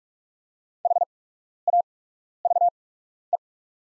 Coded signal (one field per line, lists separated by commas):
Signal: Morse code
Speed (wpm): 48 wpm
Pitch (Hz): 700 Hz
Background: none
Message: HAVE